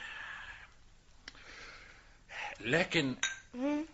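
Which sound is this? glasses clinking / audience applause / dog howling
glasses clinking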